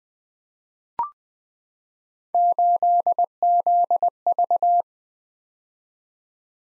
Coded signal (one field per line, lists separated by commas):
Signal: Morse code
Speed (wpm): 20 wpm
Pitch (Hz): 700 Hz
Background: none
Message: 8ZV